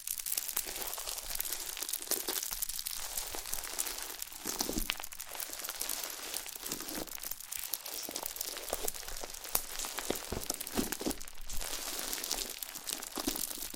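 Slime is pressed and worked, giving a continuous stream of crackly, crunchy pops and clicks. The crackling stays dense and bright throughout, with occasional sharper snaps standing out.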